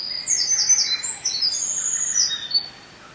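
Wren song, a rapid, high-pitched outpouring of sharp notes and quick trills that runs for about two and a half seconds and then stops.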